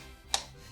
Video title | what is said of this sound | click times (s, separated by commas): Trident Z Royal Ram Install/Review! | Then you're going to want to push, click, | 0.3 s